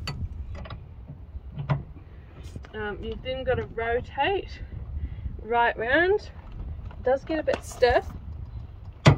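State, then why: Seated. A handle on the caravan mover of a 2009 Ace Award Tristar is turned right round, a bit stiffly, bringing the mover's roller against the tyre with quiet mechanical creaks and taps while someone talks. A sharp click at 9.1 s shows the roller has engaged, meaning the mover is properly on the caravan wheel.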